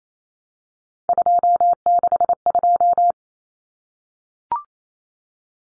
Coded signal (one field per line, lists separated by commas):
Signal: Morse code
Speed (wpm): 28 wpm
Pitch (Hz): 700 Hz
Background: none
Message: 262